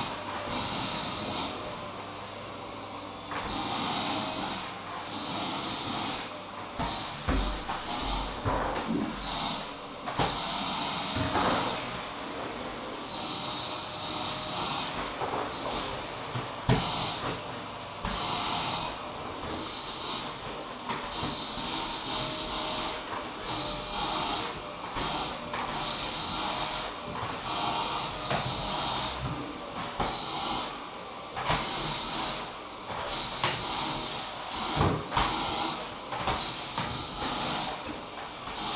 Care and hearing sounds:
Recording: daily activity, microphone in the room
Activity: vacuum cleaning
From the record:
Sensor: 1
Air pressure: 995.3 hPa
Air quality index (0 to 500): 25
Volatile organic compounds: 1 ppm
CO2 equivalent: 508 ppm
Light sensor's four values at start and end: 17/58/21/23 and 15/51/18/20

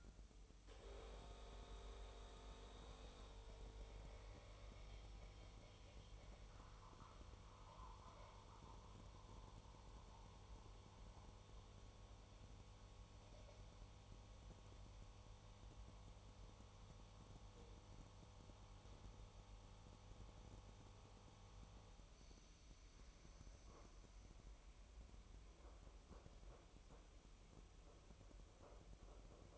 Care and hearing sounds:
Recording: daily activity, microphone in the room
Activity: make coffee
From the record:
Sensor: 1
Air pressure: 988.4 hPa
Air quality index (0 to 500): 197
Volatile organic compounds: 965 ppm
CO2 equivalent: 5254 ppm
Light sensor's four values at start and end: 26/96/36/38 and 26/96/36/38

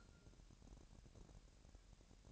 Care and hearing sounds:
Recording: daily activity, microphone in the room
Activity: take from stove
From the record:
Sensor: 2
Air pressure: 1011.9 hPa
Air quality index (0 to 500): 200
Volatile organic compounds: 3 ppm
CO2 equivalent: 1415 ppm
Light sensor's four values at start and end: 64/152/63/61 and 64/152/63/61

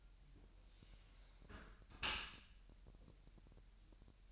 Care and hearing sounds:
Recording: daily activity, microphone in the room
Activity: close dishwasher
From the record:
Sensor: 2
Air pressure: 1000.5 hPa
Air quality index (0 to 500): 247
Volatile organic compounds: 93 ppm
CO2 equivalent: 3705 ppm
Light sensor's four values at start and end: 9/21/9/9 and 9/21/9/9

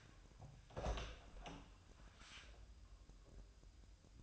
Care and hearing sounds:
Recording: daily activity, microphone in the room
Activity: open door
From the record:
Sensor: 2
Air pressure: 1004.8 hPa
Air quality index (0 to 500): 73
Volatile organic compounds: 1 ppm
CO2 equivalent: 870 ppm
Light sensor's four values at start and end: 7/17/7/7 and 7/17/7/7

